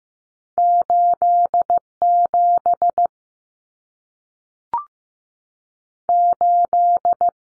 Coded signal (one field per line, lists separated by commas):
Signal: Morse code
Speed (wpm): 15 wpm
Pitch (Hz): 700 Hz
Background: none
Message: 87 8